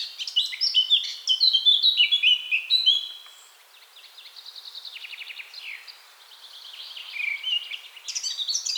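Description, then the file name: Eurasian blackcap warbling song: a vigorous, varied phrase, then a softer buzzy passage, then the singing picks up again in bright bursts. "Sylvia atricapilla"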